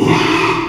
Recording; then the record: squeal of a Yucatan mini pig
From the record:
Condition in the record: after surgery on the right vocal fold (resection and tissue-engineered implant); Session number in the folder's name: 1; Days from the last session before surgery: 6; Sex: male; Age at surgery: 12 weeks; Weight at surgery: 13 kg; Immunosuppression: cyclosporine, prednisolone